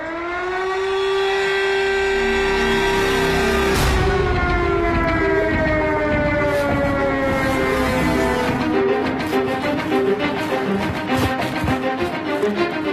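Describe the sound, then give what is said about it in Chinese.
A sustained wartime air raid siren in Kunming, Yunnan, wails steadily. Its pitch holds, then slowly falls in a long mournful drone, with a rumbling, crackling undertone and faint clatter building toward the end; no one speaks. “防空警报啊，成为了家常便饭，下防空洞也已经是云南昆明的老百姓们手腕的保命技能。”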